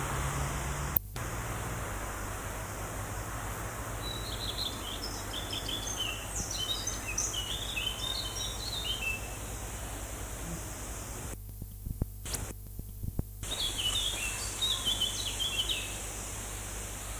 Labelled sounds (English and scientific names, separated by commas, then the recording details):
Eurasian Blackcap (Sylvia atricapilla) song
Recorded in the wild
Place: Lübars, Berlin, DE
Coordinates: 52.6167, 13.35
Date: 2004-07-25 13:12
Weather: sunny, 24°C
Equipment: Sony WM-D6C, Sennheiser ME 80, Kopie Uher 4000 Report Monitor
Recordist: Tembrock, Günter